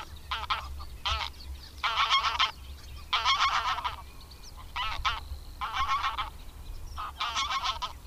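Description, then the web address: Greylag goose honking, bursts of loud nasal cackling notes in irregular runs, with a low rumble beneath. "Madardalok. Nyári lúd"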